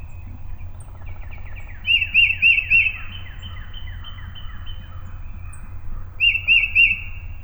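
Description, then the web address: Tufted titmouse whistling: two bursts of three clear, slurred notes, with fainter buzzy descending notes running between them. Recorded 20 March 2007. "Tufted Titmouse 2007 03 20"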